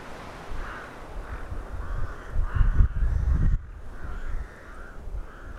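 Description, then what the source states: Crow caws, softer hoarse calls repeated throughout, partly masked by a loud low rumble in the middle that then cuts off. Several crows recorded in Hernals, Vienna, in December 2021.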